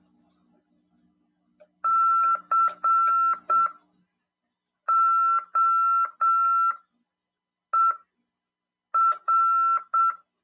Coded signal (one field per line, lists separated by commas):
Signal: Morse code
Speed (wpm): 7 wpm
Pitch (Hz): 1340 Hz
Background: none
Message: COER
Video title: RADIOAMADOR 2ªEd. 7/12/2022 "AULA 41: CW, LEGIS, e C.RODADA" FM 146.410 Mhz PY2EXU PAULO CRASP/RAF.